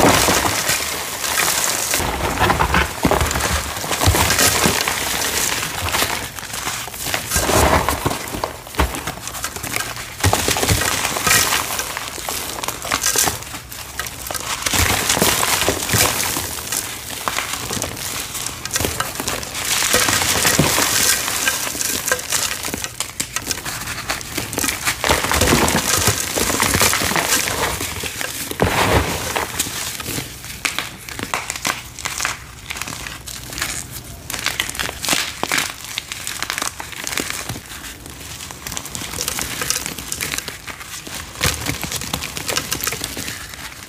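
Cornstarch is crunched and crushed over and over, a dense run of crisp, gritty squeaks and crackles with bright, hissy edges. The crunches come in irregular clusters with no steady rhythm, some louder bursts around 20–30 seconds, and brief quieter gaps between squeezes.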